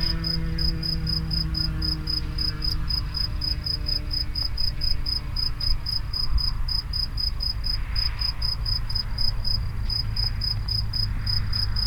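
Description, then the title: Grasshopper calls: rapid, evenly spaced high-pitched pulses continuing throughout with one short gap, over low rumbling noise. Recorded near the Henri Bridge at Niévroz. "Niévroz, Locusts near the Henri Bridge - Criquets vers le Pont Henri"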